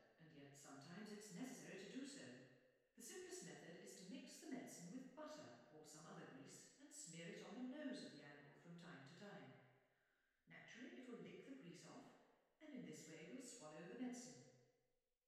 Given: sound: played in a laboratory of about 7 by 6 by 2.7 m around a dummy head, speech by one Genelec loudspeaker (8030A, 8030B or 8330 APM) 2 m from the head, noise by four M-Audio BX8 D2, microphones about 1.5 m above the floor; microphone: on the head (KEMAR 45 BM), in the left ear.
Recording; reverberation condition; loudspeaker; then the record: female speech in English; high; 150 degrees to the right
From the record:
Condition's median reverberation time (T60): about 1300 ms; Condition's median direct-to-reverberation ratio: about -4.0 dB